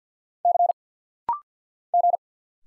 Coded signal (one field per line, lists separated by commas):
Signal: Morse code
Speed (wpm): 50 wpm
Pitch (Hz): 700 Hz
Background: none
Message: C G